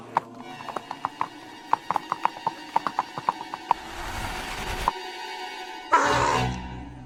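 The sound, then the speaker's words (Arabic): Hooves of a donkey ridden by Balaam on his way to Mount Hesban clip-clop in a quick, uneven rhythm of sharp knocks, then stop; a low rumbling texture follows, ending with a brief loud noisy burst. “قرر بلعام أن يدعو على نبي الله موسى ومن آمن معه، فاتخذ طريقه إلى جبل حسبان راكبا فوق حماره”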